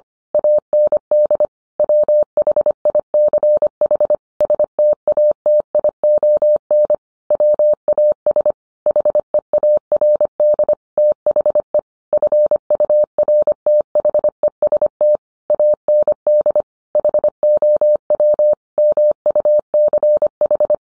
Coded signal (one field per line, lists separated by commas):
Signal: Morse code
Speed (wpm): 25 wpm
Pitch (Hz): 600 Hz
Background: none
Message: AND WHICH STATION WAS HEARD THE FURTHEST AND HOW MUCH